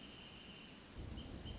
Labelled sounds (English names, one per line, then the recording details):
Wrentit
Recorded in Sonoma County, California